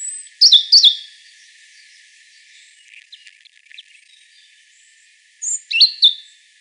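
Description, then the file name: European robin opening with loud, high sliding whistles, quiet scattered ticks in between, and a second bright, descending phrase toward the end. "Erithacus rubecula"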